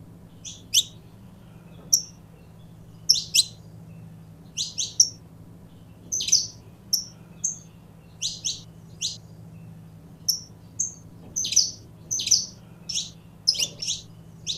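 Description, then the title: Belgian canary song of bright, high chirps and downward sweeps, coming in quick pairs and runs that grow denser toward the end over a steady low hum. Purebred Belgian canary. "Canto Do Canário Belga Puro"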